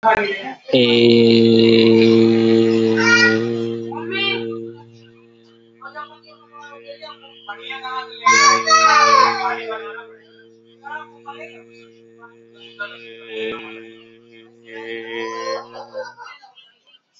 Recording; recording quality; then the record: sustained vowel as in made; excellent, no background noise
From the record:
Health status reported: healthy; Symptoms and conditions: none ticked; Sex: male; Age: 20 years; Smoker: not ticked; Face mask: not worn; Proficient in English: yes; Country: India